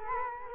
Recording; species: mosquito wingbeat signal from an infrared sensor; Culex quinquefasciatus